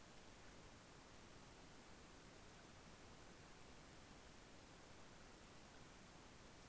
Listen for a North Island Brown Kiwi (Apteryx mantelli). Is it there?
no